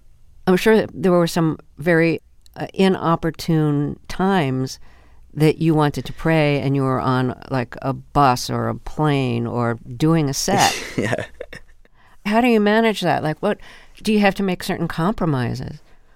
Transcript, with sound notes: I'm sure that there were some very inopportune times that you wanted to pray, and you were on, like, a bus or a plane or doing a set.
Yeah (laughter).
How do you manage that? Like, do you have to make certain compromises?